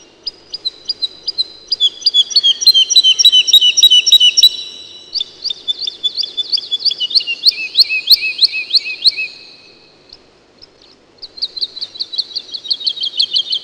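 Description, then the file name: Woodlark song: rapid series of liquid, fluting notes repeated several times a second, a long phrase dropping lower, then a brief gap and a new phrase; faint low hum beneath. "жаворонок лесной"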